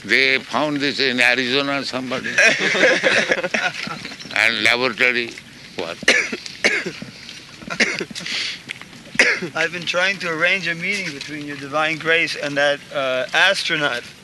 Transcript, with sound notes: They found this in Arizona, somebody... [laughter] And laboratory work.
I have been trying to arrange a meeting between Your Divine Grace and that astronaut.